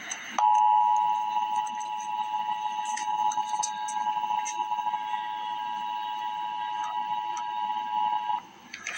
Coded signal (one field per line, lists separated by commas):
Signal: Emergency Alert System (SAME) tones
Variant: 853 and 960 Hz attention tone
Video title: Emergency Alert System - Winter Weather Advisory - Dec 1, 2025 at 1:34 AM EST